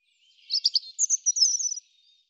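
European robin singing a fast high phrase, a jumble of sharp twittering notes that runs into a rapid, very high trill before stopping cleanly.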